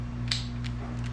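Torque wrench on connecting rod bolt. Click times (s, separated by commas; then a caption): 0.3 s. A click-type torque wrench tightens a connecting rod bolt on a KA24DE bottom end to 60, with a sharp click at 0.3 s confirming it reached the setting. A fainter tick follows at 0.7 s over a steady low hum.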